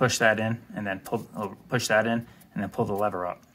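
A wiring harness plug is pushed into the engine control unit of a 2021 Can-Am Renegade 570 ATV as its locking lever is about to be pulled up, while a man talks throughout. Nothing has seated or clicked yet; the clip ends before the plug locks home.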